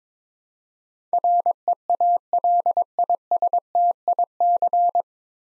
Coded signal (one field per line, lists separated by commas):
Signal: Morse code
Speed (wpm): 21 wpm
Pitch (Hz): 700 Hz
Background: none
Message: REALISTIC